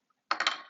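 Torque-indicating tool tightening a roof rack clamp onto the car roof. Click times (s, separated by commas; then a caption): 0.3 s. The supplied torque-indicating tool tightens a Thule Evo Clamp roof rack clamp bolt onto the roof of a 2014-2018 Kia Forte 4-door with WingBar Evo crossbars. After near silence, a sharp metallic click sounds at 0.3 s, then two quick follow-up clicks near 0.4 s and 0.5 s with a bright ringing tail that fades. The click shows the clamp is fully tightened and safe.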